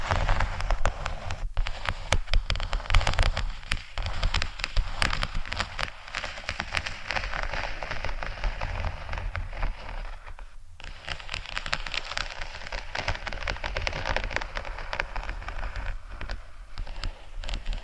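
Faux leather is scratched in a continuous, dense rasping that sounds much like rain pattering on a surface, full of tiny crackling ticks. Brief pauses break it near 1.5, 4 and 10.5 seconds, and a low rumble runs underneath throughout.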